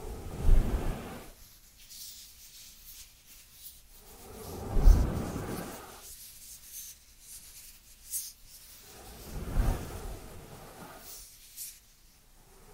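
Dry hands rub and brush together in soft, rough swishes, with louder strokes near the start, around five seconds, and again near ten.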